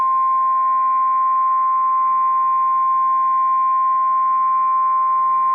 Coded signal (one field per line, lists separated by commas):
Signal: Emergency Alert System (SAME) tones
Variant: 1050 Hz attention tone